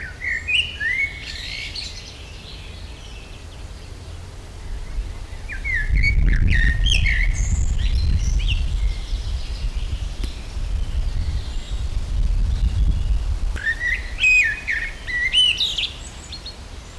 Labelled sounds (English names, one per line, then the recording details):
Common Blackbird
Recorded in the wild
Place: Schloßpark Niederschönhausen, Berlin, DE
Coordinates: 52.58, 13.4
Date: 1996-05-18 12:58
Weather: sonnig, 17°C
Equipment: Sony MD-WM MZ-R3, Sennheiser MKH 416 T, Kopie Uher 4000 Report Monitor
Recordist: Tembrock, Günter